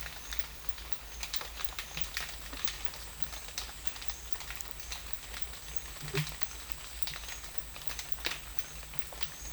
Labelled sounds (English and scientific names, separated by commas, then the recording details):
none
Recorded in dense forest near Puerto Asís, Putumayo, Colombia, on 21 December 2024 at 11:30
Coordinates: 0.484, -76.317
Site G026